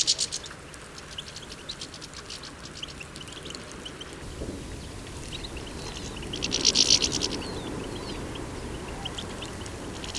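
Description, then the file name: European goldfinch calls: bright tinkling twitters in quick bursts, a busy run over the first four seconds and a louder cluster near seven seconds, over low background rumble. "Carduelis carduelis"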